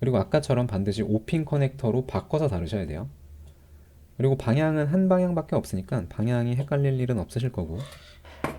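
Someone talks while a 5-pin 1.27 mm cable connector, which only fits one way, is handled at the socket on the front of a 3DR telemetry radio module. A brief sharp sound occurs near the end at 8.5 s, but the connector has not clicked into the socket or seated yet.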